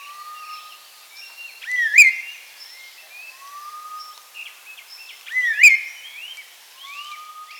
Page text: Chestnut-Crowned Laughingthrush Call, Quick Sounds